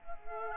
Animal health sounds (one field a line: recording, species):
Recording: mosquito wingbeat signal from an infrared sensor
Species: Culex quinquefasciatus